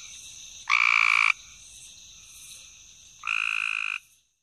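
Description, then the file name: Cope's gray treefrog giving two short, harsh buzzing trills, each under a second long, over a steady high-pitched chorus of other frogs or insects. "Cope's Gray Treefrog (Wild America)"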